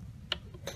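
A microscope's revolving nosepiece is turned one more position from the yellow 10x medium power objective, bringing the high power objective lens into place. A sharp detent click at 0.3 s shows it has seated, followed by a softer tick at about 0.7 s.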